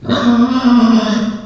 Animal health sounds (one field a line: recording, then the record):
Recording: squeal of a Yucatan mini pig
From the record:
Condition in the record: after surgery on the right vocal fold (resection and tissue-engineered implant)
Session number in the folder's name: 14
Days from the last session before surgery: 133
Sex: female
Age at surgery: 19 weeks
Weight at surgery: 25 kg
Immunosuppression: prednisolone